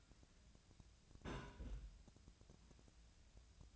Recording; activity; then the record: daily activity, microphone in the room; place on stove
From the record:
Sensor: 2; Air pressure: 1009.8 hPa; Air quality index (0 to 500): 180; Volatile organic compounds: 10 ppm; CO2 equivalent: 2245 ppm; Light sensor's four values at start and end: 32/79/34/38 and 32/79/34/38